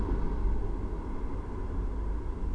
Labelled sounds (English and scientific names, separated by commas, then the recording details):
none
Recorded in Germany
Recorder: ecoPi